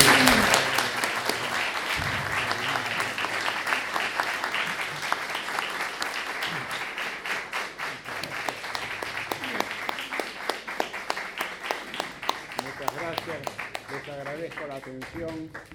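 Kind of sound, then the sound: crowd, audience applause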